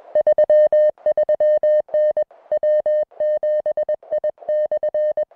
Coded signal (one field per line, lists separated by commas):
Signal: Morse code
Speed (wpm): 21 wpm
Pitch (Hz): 610 Hz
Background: music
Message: 33N W7I/